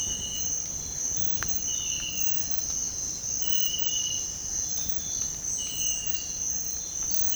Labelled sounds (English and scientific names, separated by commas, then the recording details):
none
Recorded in secondary vegetation near Puerto Asís, Putumayo, Colombia, on 18 February 2024 at 06:30
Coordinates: 0.468, -76.324
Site G6381